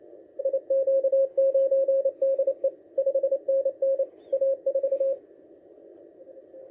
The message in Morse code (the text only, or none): IQ9DE 5NN A4